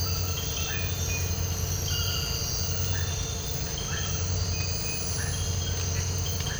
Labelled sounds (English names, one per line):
none